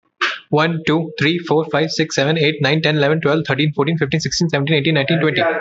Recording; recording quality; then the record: counting at a fast pace; moderate, slight background noise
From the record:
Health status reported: healthy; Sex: male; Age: 26 years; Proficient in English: yes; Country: India